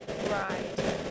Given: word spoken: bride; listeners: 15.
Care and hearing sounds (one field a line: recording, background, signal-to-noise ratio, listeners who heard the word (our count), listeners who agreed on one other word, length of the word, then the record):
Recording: one English word in noise, from a listening test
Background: noise modulated by three-talker babble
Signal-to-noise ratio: -4.1 dB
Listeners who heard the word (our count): 0 of 15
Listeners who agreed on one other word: 14 of 15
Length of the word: 0.71 s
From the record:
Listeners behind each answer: 14, 1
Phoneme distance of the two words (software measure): 7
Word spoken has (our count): 1 syllable, 4 phonemes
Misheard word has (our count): 1 syllable, 3 phonemes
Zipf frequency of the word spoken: 4.21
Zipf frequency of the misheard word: 4.78